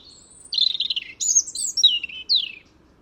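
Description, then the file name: European robin singing a quick sequence of high, sweet, wavering notes and downward slurs, ending in a clear falling whistle. "Erithacus rubecula"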